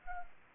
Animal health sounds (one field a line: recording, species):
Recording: mosquito wingbeat signal from an infrared sensor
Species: Anopheles arabiensis